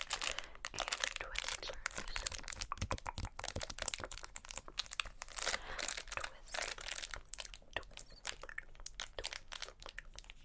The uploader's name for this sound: Candy Sounds Tapping, Crinkles, Rummaging, Mouth Sounds